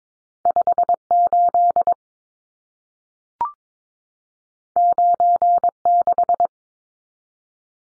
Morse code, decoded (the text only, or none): 58 96